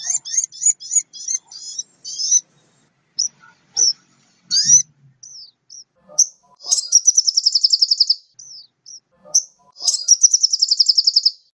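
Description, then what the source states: Oriental magpie-robin song: bright high whistles and chirps in bursts, then two long rapid trilled rattles, with short sweeping notes between them. Lively singing for bird training; described as a champion bird in full song.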